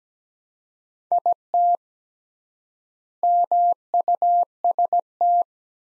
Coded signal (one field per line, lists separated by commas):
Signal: Morse code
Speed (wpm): 17 wpm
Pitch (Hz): 700 Hz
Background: none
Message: IT MUST